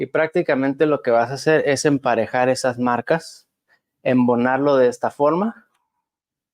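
A man talks while lining up the mark on a plastic continuous glucose sensor pack with the mark on its sensor applicator and fitting the two parts together. A faint, brief tick comes near 5.8 s after he goes quiet. The clip ends before the sensor goes home; nothing has seated or clicked yet.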